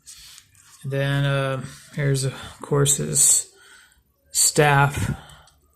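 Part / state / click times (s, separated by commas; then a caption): plastic staff accessory into action figure hand / not seated / none. A plastic staff accessory is handled near an action figure's hard-plastic hand grip, about to be fitted into it. Someone talks over a few faint handling ticks near the start. Nothing has snapped or seated yet.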